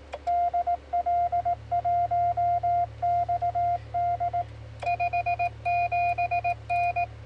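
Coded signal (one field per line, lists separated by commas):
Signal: Morse code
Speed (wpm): 18 wpm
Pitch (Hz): 700 Hz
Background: none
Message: DL1XD 57N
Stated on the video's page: CW contact from a mobile station on 40m, 7.017 MHz.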